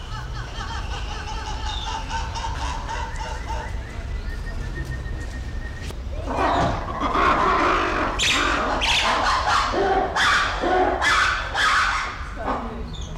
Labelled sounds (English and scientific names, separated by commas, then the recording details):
Weeper Capuchin (Cebus olivaceus)
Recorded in captivity
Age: adult
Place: Zoo Berlin, Berlin, DE
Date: 1994-09-10 10:50
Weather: bedeckt, 15°C, z.T. Regen
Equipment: Marantz CP 430, Sennheiser ME 80, Kopie Uher Variocord 263
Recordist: Tembrock, Günter